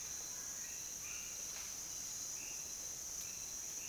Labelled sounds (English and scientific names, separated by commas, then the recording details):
none
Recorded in dense forest near Puerto Asís, Putumayo, Colombia, on 22 June 2025 at 07:30
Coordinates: 0.484, -76.325
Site H65